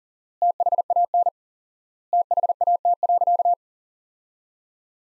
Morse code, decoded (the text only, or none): THAN THAT.